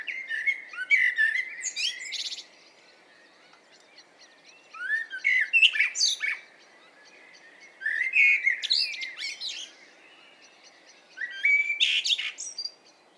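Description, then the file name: Common blackbird song, four separate strophes of low warbling notes followed by scratchy high flourishes, each lasting about two seconds and spaced by short silences. "Turdus merula"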